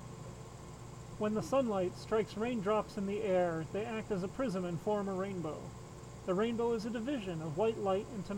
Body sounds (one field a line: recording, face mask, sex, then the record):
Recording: reading aloud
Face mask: surgical mask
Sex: male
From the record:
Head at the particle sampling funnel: turned sideways, cheek in front of it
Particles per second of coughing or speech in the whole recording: 0.0482